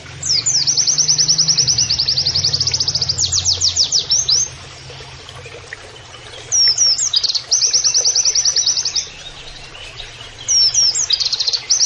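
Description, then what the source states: White-eye song of fast, high, repeated trill phrases separated by short silences, with twittering flourishes. A low background hum is present. Masteran (training) recording of a gacor (persistently singing) white-eye (pleci) delivering canary-like phrases (nembak kenarian).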